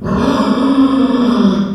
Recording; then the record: squeal of a Yucatan mini pig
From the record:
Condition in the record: after surgery on the right vocal fold (resection and tissue-engineered implant); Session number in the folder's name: 16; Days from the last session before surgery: 183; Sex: female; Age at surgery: 19 weeks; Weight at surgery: 25 kg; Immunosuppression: prednisolone